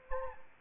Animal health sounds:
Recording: mosquito wingbeat signal from an infrared sensor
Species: Anopheles arabiensis

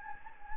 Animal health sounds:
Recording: mosquito wingbeat signal from an infrared sensor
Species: Anopheles gambiae

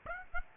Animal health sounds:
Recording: mosquito wingbeat signal from an infrared sensor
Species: Aedes aegypti

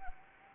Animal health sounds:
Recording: mosquito wingbeat signal from an infrared sensor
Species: Anopheles gambiae

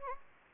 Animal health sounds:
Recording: mosquito wingbeat signal from an infrared sensor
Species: Anopheles gambiae

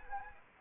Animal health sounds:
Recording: mosquito wingbeat signal from an infrared sensor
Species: Anopheles arabiensis

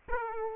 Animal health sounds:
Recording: mosquito wingbeat signal from an infrared sensor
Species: Aedes aegypti

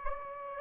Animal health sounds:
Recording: mosquito wingbeat signal from an infrared sensor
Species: Anopheles gambiae

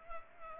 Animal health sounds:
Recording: mosquito wingbeat signal from an infrared sensor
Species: Culex pipiens

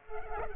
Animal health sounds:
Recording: mosquito wingbeat signal from an infrared sensor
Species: Culex pipiens

